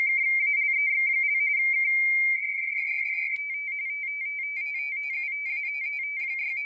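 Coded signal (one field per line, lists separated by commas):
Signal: RTTY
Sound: rapid warbling between two close high tones, continuous, like a chirping teletype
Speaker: now i switch to manual all right got my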